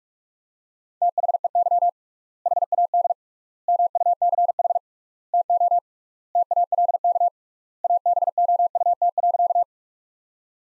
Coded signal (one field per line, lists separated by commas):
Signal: Morse code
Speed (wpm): 45 wpm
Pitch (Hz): 700 Hz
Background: none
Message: THEY HAD MUCH TO TALK ABOUT.